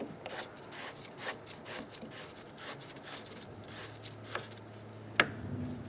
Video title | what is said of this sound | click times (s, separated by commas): How to Replace Radiator Reservoir Coolant Hose 2012-2018 Ford Focus | Make sure it clicks closed. | 5.2 s